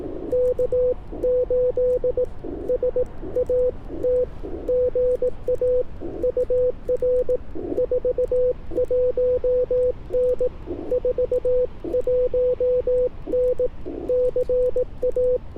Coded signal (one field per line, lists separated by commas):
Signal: Morse code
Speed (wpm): 18 wpm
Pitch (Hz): 500 Hz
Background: radio noise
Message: K8SAT GA UR 41N 41N CA